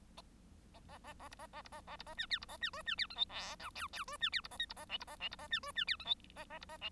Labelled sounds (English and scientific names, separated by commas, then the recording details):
Bengalese Finch (Lonchura striata domestica) song
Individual Bird1